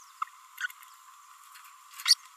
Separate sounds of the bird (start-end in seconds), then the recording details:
0.22-0.24, 2.05-2.15. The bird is a female. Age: 30 days. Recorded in a nest box in Venezuela. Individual 17B32A5